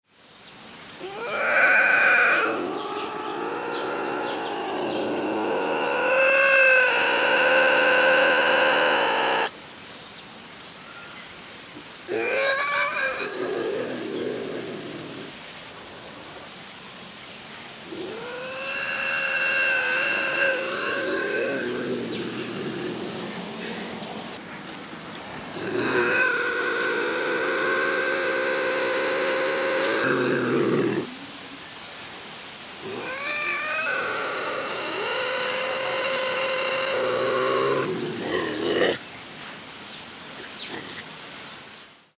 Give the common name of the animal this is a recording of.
Bobcat